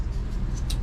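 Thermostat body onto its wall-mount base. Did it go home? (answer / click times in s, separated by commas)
yes / 0.7 s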